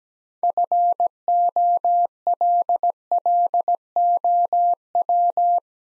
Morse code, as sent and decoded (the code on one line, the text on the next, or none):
..-. --- .-.. .-.. --- .--
FOLLOW